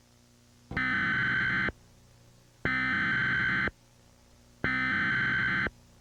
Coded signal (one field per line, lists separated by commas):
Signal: Emergency Alert System (SAME) tones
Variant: header bursts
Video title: eas mock: ANCHORAGEEEEEE